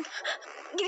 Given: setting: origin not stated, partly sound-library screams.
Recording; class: one-second piece from a danger detection set; woman in danger